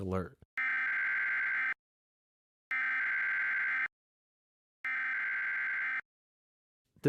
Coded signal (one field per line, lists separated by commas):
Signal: Emergency Alert System (SAME) tones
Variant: header bursts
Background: speech